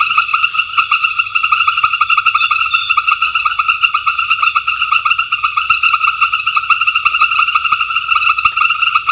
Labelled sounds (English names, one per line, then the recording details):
none
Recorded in secondary vegetation near Puerto Asís, Putumayo, Colombia, on 28 February 2025 at 19:30
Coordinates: 0.498, -76.327
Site G001